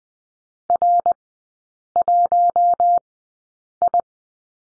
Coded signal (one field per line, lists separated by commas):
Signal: Morse code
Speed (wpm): 20 wpm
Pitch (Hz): 700 Hz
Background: none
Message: R1I